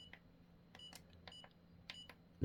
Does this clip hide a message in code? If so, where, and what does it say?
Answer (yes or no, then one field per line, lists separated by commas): no